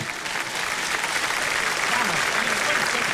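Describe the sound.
A crowd breaks into steady, dense clapping that holds at a constant loudness for a few seconds, with faint voices murmuring underneath the applause.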